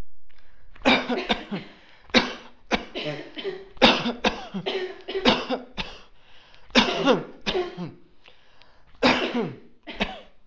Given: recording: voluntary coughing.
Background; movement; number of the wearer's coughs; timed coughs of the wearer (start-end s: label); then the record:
a bystander coughing; sitting; 12
0.83-1.17 s: cough
1.28-1.58 s: cough
2.12-2.57 s: cough
2.69-3.03 s: cough
3.79-4.13 s: cough
4.22-4.61 s: cough
5.23-5.64 s: cough
5.77-6.14 s: cough
6.73-7.34 s: cough
7.46-7.92 s: cough
9.00-9.46 s: cough
9.98-10.32 s: cough
From the record:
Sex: male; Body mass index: 20.6 kg/m2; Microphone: on the chest, facing outward